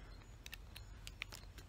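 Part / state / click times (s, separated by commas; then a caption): MC4 solar connector into extension cable connector / not seated / none. A red MC4 solar connector, for charging a Jackery 500 from a Renogy 100W folding solar panel, is handled against the matching extension cable connector, producing a few brief plastic ticks around 0.5, 0.8, 1.1 and 1.2 seconds over a low background rumble. Nothing has seated or clicked yet; the connector is not yet pushed home.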